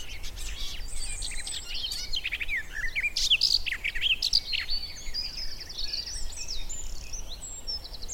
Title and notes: Sound escape 65: be enchanted by the little-known song of the garden warbler. the scrubby hillside hawthorns burst into bloom. a male garden warbler into his fluted song. Recorded by Fergus Collins